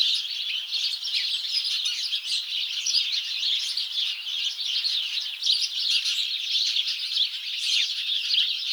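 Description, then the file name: Chattering house sparrows, many high chirps blending into an unbroken flock sound that swells slightly now and then. "Passer domesticus"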